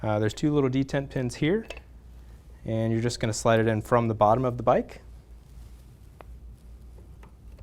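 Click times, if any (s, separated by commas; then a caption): none. Someone talks while a training wheel bracket with two small spring detent pins is slid up from the bottom of a Huffy kids' bike frame toward its quick-connect mount, followed by faint light ticks around 6.2 s and 7.2 s. The training wheel has not clicked or seated into place yet.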